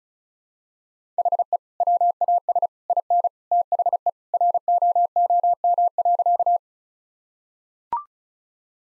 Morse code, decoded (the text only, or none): HE WAS IN THE ROOM.